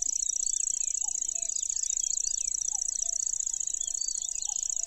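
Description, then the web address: Lanceolated warbler's unbroken high-pitched reel, cricket-like and steady, with twittering birds and occasional low rising notes behind it. "makinosennyu"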